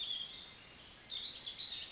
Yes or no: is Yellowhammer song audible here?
no